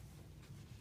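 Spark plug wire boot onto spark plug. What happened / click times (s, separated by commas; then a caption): Handled, not yet home: spark plug wire boot snaps onto plug / none. A new spark plug wire boot is handled at the spark plug terminal after the new plug has been tightened in. Only a steady low rumble and faint handling noise are heard, with no distinct snap. Nothing has seated or clicked yet.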